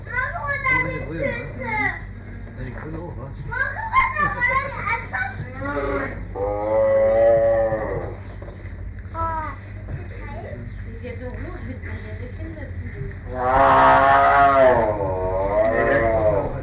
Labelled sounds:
Tiger call
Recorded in captivity
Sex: male
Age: adult
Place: Tierpark Berlin, Berlin, DE
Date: 1959-05-28 10:00
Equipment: Smaragd
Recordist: TSA

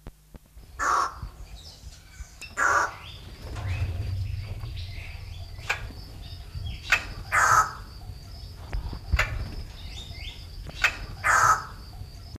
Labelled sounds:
Double-toothed Barbet call
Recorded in captivity
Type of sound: call
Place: Zoo Duisburg, Nordrhein-Westfalen, DE
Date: 1970-01-25
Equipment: Halbspur, 9,5 cm/s
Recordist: Lütgens, Hans
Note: Zwei ganz verschiedene Rufe

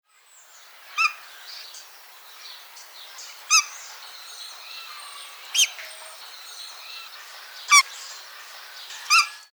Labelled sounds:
Harpy Eagle
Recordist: Tembrock, Günter
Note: Kurzlaute eines Männchens

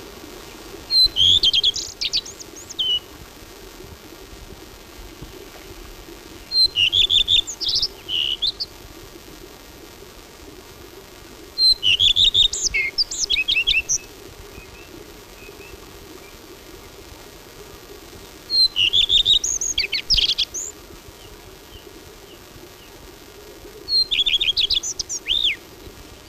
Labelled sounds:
Common Redstart song
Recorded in the wild
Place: Bucheben, AT
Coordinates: 47.1611, 12.97
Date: 1964-05-22
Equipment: Uher Report 4000, AKG D190
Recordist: Krey, Winfried

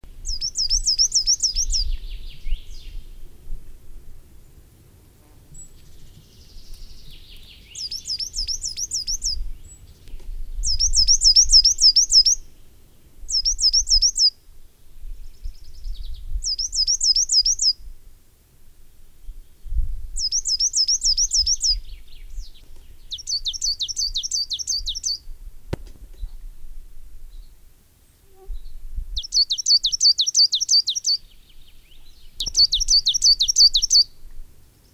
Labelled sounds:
Coal Tit
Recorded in the wild
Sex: male
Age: adult
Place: Röttenbach, Bayern, DE
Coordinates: 49.665, 10.9544
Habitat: pond
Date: 1963-06-25
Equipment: Nagra, Original, Vollspur
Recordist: Tretzel, Erwin

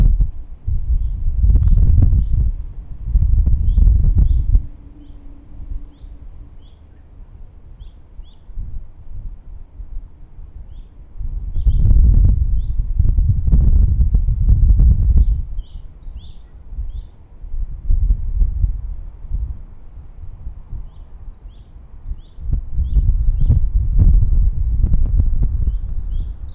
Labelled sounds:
White-crowned Wheatear song
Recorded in the wild
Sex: male
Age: adult
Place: Shagra Nagra, Red Sea, EG
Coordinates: 25.2406, 34.7942
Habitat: desert
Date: 2008-11-07
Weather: fair, 25°C, moderate winds
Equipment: Zoom H2
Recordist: Frommolt, Karl-Heinz

